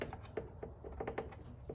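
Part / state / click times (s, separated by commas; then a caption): spark plug boot onto spark plug of backpack blower / not seated / none. The rubber boot is being handled onto the snugged spark plug of a STIHL BR800 backpack blower during basic maintenance. A series of short, light taps and rattles sound at about 0.0, 0.1, 0.4, 1.1 and 1.2 seconds. The boot has not seated or clicked yet.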